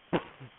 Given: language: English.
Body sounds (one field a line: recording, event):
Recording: throat vibration sensor signal played as sound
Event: cough